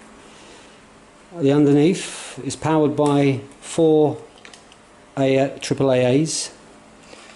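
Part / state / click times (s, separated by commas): battery compartment cover on a line laser housing / not seated / none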